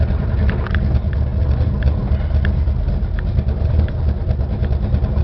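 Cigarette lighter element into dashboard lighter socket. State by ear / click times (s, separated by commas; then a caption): not seated / none. A car's cigarette lighter element is pushed into its dashboard lighter socket over a steady low vehicle hum, with a few brief sharp ticks along the way. The lighter does not click in and stay in, and nothing has seated or clicked yet, likely because the element is the wrong style.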